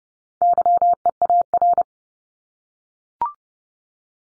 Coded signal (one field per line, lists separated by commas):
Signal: Morse code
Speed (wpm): 30 wpm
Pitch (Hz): 700 Hz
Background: none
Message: YEAR